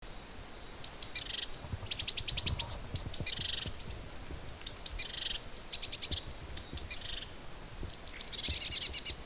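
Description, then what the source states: Bird sings rapid bursts of very high, sharp chirps and clicking notes, phrases repeating every second or so against low background noise. Native hedge bird, recorded in February.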